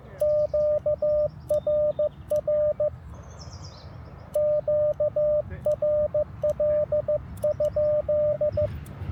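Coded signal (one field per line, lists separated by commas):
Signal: Morse code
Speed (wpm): 15 wpm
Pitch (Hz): 600 Hz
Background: radio noise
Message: QRR QRL?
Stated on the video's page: CW during an Independence Day park activation with good propagation.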